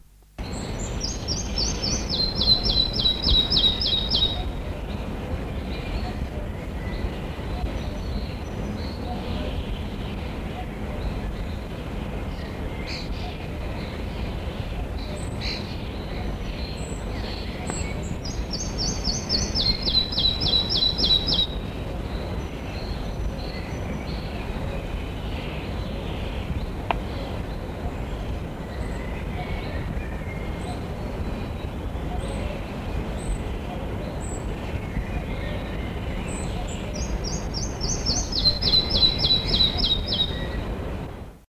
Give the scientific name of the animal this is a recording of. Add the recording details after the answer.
Ficedula parva. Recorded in the wild. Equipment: Halbspur, 9,5 cm/s. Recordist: Lütgens, Hans. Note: Gesang, "Aldene Aare"